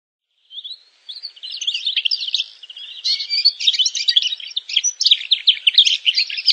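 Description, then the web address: Canary song, a continuous buzzy warble of fast chattering notes that builds and grows louder. "honarfardi Canary Sound"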